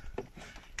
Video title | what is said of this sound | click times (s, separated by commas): POSE RENFORT PNEUMATIQUE PULSE GT Part1.#camping car #vanlife #camion amenage | ça vient se clipper comme ça. Voilà. | 0.8 s